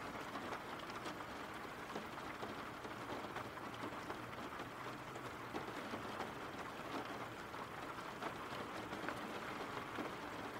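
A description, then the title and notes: Rain falls in a steady, dense wash that stays at the same level throughout, with a hissing, fairly bright character. Faint individual drop taps flicker through the texture, and a low, constant hum sits underneath the whole time. RAIN SOUNDS.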